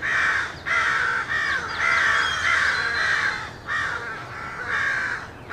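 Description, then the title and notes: Crows cawing loudly and steadily, harsh calls following one another with short breaks, while high thin bird notes run faintly behind them. Rowdy crows loudly cawing in treetops of an urban park just after sunrise, with other birds and morning traffic; made while out with a camera. "Field Recording: The Wild and Raucous Sounds of Crows Cawing in the Treetops. keith dotson. the fine art photographer podcast. a field recording of rowdy crows loudly cawing in the treetops amidst the sounds of other birds -- and since this was recorded in an urban park -- also you may hear the sounds of morning traffic"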